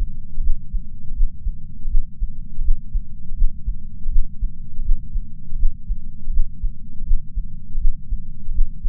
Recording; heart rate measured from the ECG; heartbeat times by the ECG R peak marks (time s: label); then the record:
heart sounds by patch sensor on the chest; 81 bpm
0.42 s: heartbeat
1.15 s: heartbeat
1.89 s: heartbeat
2.62 s: heartbeat
3.36 s: heartbeat
4.10 s: heartbeat
4.83 s: heartbeat
5.57 s: heartbeat
6.31 s: heartbeat
7.05 s: heartbeat
7.79 s: heartbeat
8.52 s: heartbeat
From the record:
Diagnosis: coronary artery disease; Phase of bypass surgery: postoperative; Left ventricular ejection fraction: 56.9%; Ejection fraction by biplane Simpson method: 47.5%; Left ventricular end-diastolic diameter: 47 mm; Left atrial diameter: 37 mm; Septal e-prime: 6 cm/s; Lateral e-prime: 7.9 cm/s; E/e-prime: 12.2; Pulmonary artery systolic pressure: 37 mmHg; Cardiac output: 5.2 L/min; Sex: female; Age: 68 years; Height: 161 cm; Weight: 66.6 kg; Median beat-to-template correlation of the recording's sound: 0.94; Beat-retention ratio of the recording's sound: 0.98